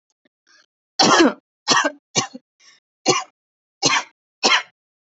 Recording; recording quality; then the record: heavy voluntary cough; excellent, no background noise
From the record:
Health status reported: healthy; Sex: female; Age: 20 years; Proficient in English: yes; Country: India